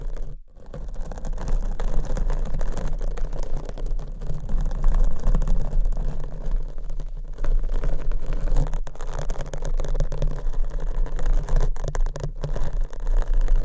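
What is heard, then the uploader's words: Microphones are scratched with fingernails in a dense, continuous scraping and rubbing that fills nearly the whole clip, with a short dip near the half-second mark. The sound is mostly low and rough, with quick bursts of brighter scratching and brief pauses around 7, 9 and 12 seconds. ASMR Mic Scratching - Brain Scratching with 5 Mics and DIY Nails for 100% SLEEP ASMR No Talking.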